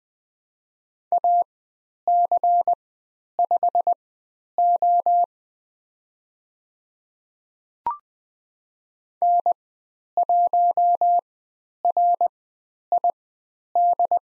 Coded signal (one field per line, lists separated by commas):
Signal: Morse code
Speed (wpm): 20 wpm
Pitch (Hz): 700 Hz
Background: none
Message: AC5O N1RID